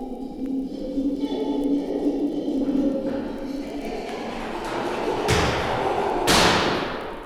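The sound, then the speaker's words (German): At a zoo, an animal supporting itself on its hands kicks a door hard with both feet, two heavy booming thuds about a second apart that ring out, following a stretch of low murmuring background noise. “und dann geht es los in einem rasenden Crescendo bis zum ohrbetäubenden Schlussknall und Schrei, wenn er, sich auf die Hände stützend, mit beiden Füßen gegen die Türe schlägt, dass es dröhnt.”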